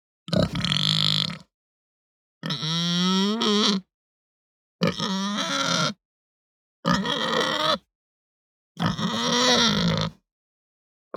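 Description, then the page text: Pig grunting and moaning: five separate harsh, drawn-out bursts, each about a second long, spaced roughly two seconds apart with silence between. Hampshire breed pig, grunting and moaning. "Hampshire Pig Grunt Moan Short. Quick Sounds"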